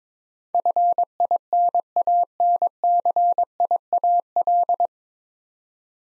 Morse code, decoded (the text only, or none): FINANCIAL